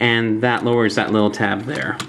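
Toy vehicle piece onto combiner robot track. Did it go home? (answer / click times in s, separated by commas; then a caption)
no / none. Someone talks while handling a toy vehicle robot being slid onto another robot's track and pushed in so a small plastic tab lowers to lock it into place. The part is not yet home, and nothing has seated or clicked yet.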